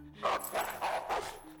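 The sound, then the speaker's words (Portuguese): A dog barks four times in a quick, even rhythm, each bark short and mid-pitched with a slightly yelping edge, heard on its own with no talking. “Isso não é um cachorro.”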